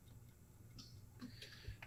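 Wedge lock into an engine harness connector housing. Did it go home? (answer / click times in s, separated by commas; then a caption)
yes / 1.8 s. A plastic wedge lock (secondary terminal lock), with its offset matched to the offset of a wired engine harness connector housing, is slid into the housing. Faint ticks sound at about 0.8 s and 1.4 s, and then a sharp snap at 1.8 s. The wedge lock is seated.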